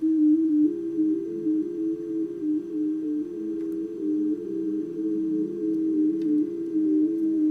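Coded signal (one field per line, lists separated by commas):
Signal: FT8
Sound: steady low warbling tone stepping slowly between nearby pitches, lasting throughout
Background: radio static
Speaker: There's FT8 there. So another confirmation that the receiver's actually receiving.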